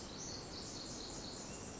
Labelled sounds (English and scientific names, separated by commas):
Pacific Wren (Troglodytes pacificus)